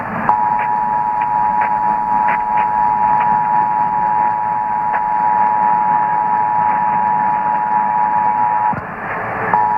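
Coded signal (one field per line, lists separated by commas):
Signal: Emergency Alert System (SAME) tones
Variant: 853 and 960 Hz attention tone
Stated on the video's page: SAME tones of a Tennessee Required Monthly Test aired on Nashville AM stations WLAC and WSM, recorded with a Rode VideoMic Pro.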